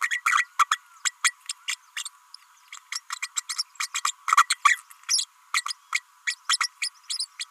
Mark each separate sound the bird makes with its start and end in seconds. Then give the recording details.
0.10-0.21, 0.26-0.47, 0.58-0.66, 0.71-0.78, 1.04-1.11, 1.24-1.33, 1.68-1.75, 1.96-2.03, 2.72-2.76, 2.95-3.00, 3.12-3.15, 3.22-3.29, 3.36-3.42, 3.49-3.54, 3.79-3.88, 3.94-4.01, 4.04-4.13, 4.37-4.46, 4.50-4.58, 4.64-4.78, 5.08-5.25, 5.54-5.63, 5.92-6.00, 6.26-6.35, 6.49-6.57, 6.81-6.89, 7.09-7.18, 7.39-7.44. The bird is a female. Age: 32 days. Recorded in a nest box in Venezuela. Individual 17B32A5